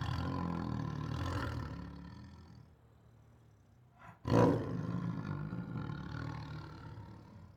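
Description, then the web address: Tiger giving deep rumbling growls that fade away, then a sudden sharp snarl followed by a lower throaty growl. Siberian tiger giving protective growls, roars and snarls. "Sound Ideas Tigers Sound Effects Siberian Tiger Protective Growls, Roars and Snarls [Sound Ideas]"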